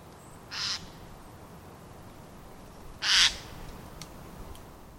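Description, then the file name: Eurasian jay screeching: two harsh, rasping bursts, the second louder, about two and a half seconds apart over a quiet background. "Garrulus glandarius"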